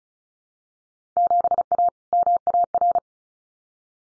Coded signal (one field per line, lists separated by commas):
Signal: Morse code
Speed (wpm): 36 wpm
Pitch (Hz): 700 Hz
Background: none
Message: 7A MAR